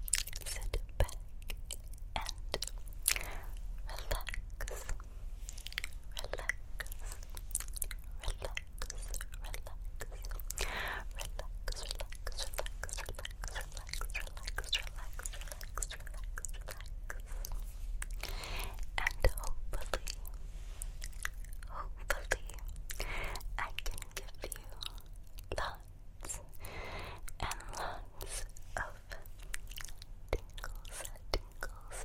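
Personal attention triggers with plucking, face touching and tracing: a constant run of soft crackles, taps and scratchy rustles that sound almost like chewing. The clicks come thick and irregular for the whole half minute, over a steady low hum.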